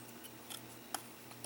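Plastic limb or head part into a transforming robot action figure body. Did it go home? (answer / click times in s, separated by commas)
yes / 0.9 s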